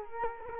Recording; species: mosquito wingbeat signal from an infrared sensor; Culex quinquefasciatus